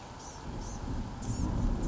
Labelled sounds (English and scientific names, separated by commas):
Blue-gray Gnatcatcher (Polioptila caerulea)